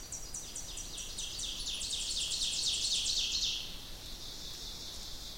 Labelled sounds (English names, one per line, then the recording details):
Ovenbird song
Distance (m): 45 m
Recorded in boreal forest in Alberta, Canada, on 2 June 2016 at 07:11
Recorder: SongMeter 3, array SBT-3-7
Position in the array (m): 278 m, 34 m
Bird 10